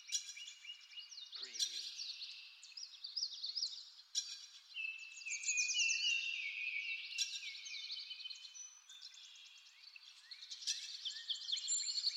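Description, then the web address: Birds singing in a busy morning chorus, many overlapping high chirps, trills and whistles running continuously, with a few brief clicks. Farm setting, morning, nature ambience. "lynne-publishing Nature Ambience Birds"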